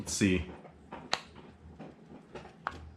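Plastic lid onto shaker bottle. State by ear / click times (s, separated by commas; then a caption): seated / 1.1 s, 2.7 s. A plastic lid is pressed onto a shaker bottle. After someone talks briefly, the lid gives a faint first click at 1.1 s, then is pushed further down until a sharper second click at 2.7 s seats it fully.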